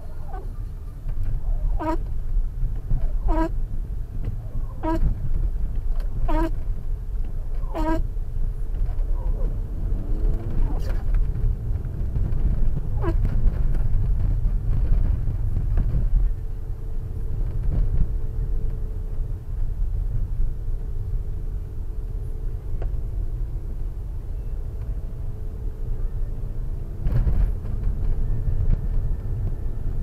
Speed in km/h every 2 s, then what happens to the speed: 26, 23, 23, 24, 29, 40, 45, 40, 38, 37, 34, 36, 39, 44, 46.
0-7 steady at about 23. 7-12 speeds up to 45. 12-21 slows to 34. 21-27 speeds up to 46.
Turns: none.